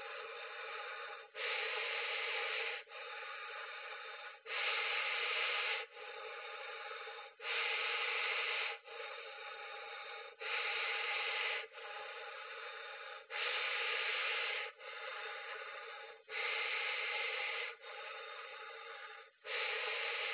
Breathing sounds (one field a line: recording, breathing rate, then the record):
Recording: paced breathing near a phone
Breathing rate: 20 breaths a minute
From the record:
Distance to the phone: 20 cm